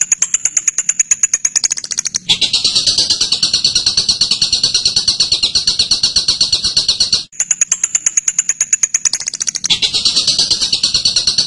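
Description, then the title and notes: Bird song: alternating bouts of rapid ticking notes and long, dense, high-pitched pulsed chatter, with a short gap. Masteran recording used to train birds. "MASTERAN BURUNG. suarane manok"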